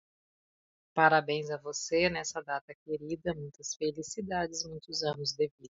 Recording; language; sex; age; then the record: short text; Brazilian Portuguese; female; 40 to 49 years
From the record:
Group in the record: control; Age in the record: 44 years